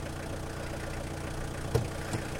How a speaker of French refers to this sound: Une Mazda rouge freina devant elle.